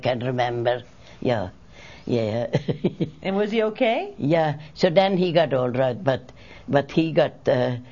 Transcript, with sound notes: I can remember, yeah. ( she laughs )
And was he okay?
Yeah. So then he got over it, but he got